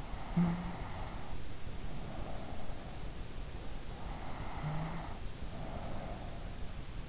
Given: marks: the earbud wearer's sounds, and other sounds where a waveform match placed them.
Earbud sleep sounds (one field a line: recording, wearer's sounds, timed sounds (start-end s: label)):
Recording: sounds in sleep by an in-ear microphone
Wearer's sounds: snoring breath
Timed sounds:
0.00-2.74 s: snoring breath
4.10-6.88 s: snoring breath